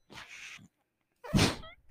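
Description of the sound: Two airy hissing bursts, the second louder with a faint whine: a mechanical ventilator cycling breaths.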